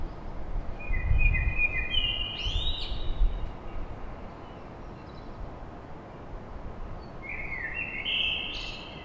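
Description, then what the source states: Common blackbird song in two phrases: a low, mellow warble rising into a squeaky high twitter, with low thumps and a constant background drone. Recorded at dawn in Paris.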